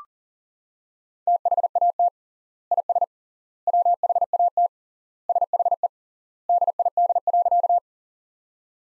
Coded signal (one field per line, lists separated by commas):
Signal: Morse code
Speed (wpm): 40 wpm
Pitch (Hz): 700 Hz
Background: none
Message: THAT IS WHAT SHE DID.